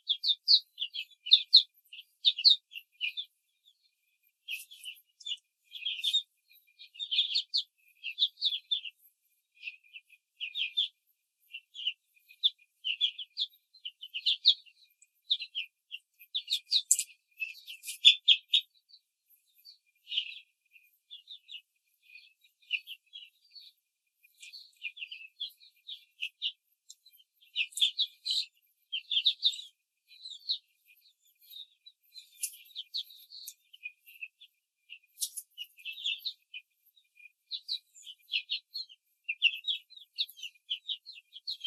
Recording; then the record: young laying hens in a cage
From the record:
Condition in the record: control cage, after the stress test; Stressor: none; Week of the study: 4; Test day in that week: 1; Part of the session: 3